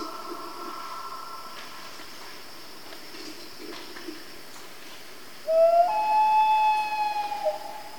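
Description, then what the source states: Common loon: quiet hiss at first, then a common loon's rising wail begins near the end, climbing and holding a clear, steady tone for about two seconds. Family group of loons, described as Canadian.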